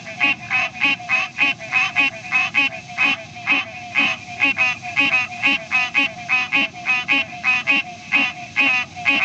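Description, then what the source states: Tree frog calling in a rapid, pulsed series of notes, continuing without pause. Family Hylidae.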